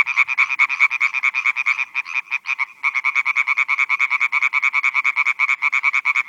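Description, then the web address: European tree frog croaking loudly, quick harsh nasal pulses in long runs, with one brief break before the rapid series resumes. "Viltansou Rainettes. la rainette verte"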